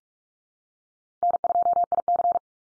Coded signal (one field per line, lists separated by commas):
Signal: Morse code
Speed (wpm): 44 wpm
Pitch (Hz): 700 Hz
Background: none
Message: N2IC